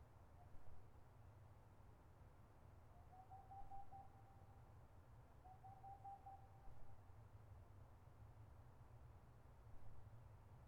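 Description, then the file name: Boreal owl faint trains of rapid, level hoots, two clearer runs a couple of seconds apart, largely under a steady low rumble. Recorded 22 March 2013. "20130322-Pärluggla"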